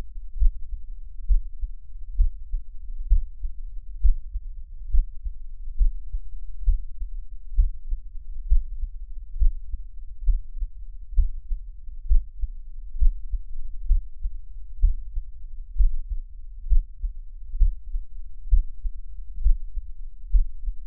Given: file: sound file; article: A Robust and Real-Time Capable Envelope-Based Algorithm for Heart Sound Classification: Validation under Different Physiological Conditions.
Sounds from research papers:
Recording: heart sounds by electronic stethoscope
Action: rest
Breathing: normal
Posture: lying on back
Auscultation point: Erb’s point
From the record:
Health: healthy, no known heart disease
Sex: male

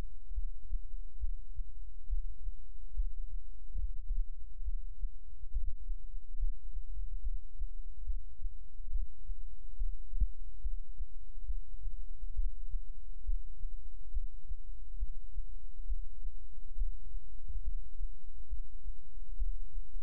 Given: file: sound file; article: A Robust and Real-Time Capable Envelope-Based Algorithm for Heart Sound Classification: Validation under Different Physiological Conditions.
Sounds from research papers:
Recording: heart sounds by electronic stethoscope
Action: rest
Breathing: normal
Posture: lying on right side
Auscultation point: Erb’s point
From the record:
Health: healthy, no known heart disease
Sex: male

